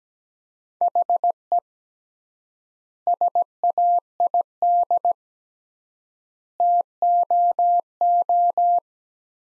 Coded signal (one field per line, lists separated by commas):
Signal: Morse code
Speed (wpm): 17 wpm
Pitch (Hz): 700 Hz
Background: none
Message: HE SAID TOO